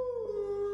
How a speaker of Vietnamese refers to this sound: Cô vừa định khép cửa lại thì nghe thấy bên ngoài có tiếng sói hú càng lúc càng gần.